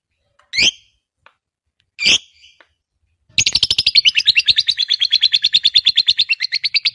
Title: Begitu Dengar Suara Lovebird FIGHTER NGEKEK PANJANG